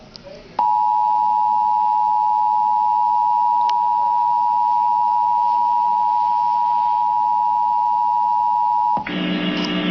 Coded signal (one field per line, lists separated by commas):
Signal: Emergency Alert System (SAME) tones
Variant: 853 and 960 Hz attention tone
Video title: EAS Alert #24 - Severe Thunderstorm Warning #3 7/18/12